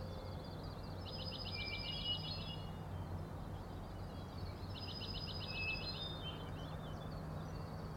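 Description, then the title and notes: Common nighthawk giving two rapid high rattles a few seconds apart, with a low hum beneath. Three birds flying in very close formation and rattling, 4am, June 16 2017, Overlook on Schoodic Head, Acadia National Park, Winter Harbor, Maine; passed remarkably close to the recordist. "Common Nighthawks, Schoodic Head 061617 4am. 3 common nighthawks making peenting calls and wings booms but also a rattling noise at the Overlook (410 ft) on Schoodic Head (435 feet) Schoodic division Acadia National Park Winter Harbor, ME"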